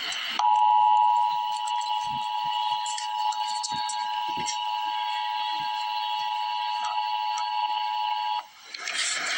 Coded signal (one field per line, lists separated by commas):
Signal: Emergency Alert System (SAME) tones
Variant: 853 and 960 Hz attention tone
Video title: Emergency Alert System - Heat Advisory - Jun 9, 2026 at 1:53 PM EDT